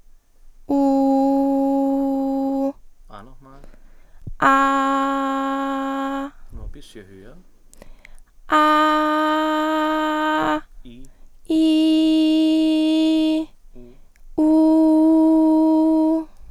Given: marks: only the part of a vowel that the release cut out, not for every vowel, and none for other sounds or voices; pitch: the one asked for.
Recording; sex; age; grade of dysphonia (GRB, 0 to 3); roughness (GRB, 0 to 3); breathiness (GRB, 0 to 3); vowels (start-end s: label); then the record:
sustained vowels; female; 20 to 29 years; 1; 0; 0
0.87-2.48 s: vowel /u/, low pitch
8.64-10.36 s: vowel /a/, high pitch
11.57-13.18 s: vowel /i/, high pitch
14.61-16.05 s: vowel /u/, high pitch
From the record:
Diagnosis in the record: healthy voice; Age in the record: 20 years